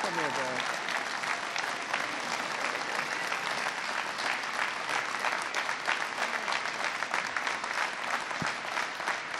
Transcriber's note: applause